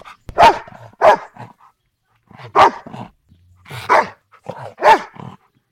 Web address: dog golden retriever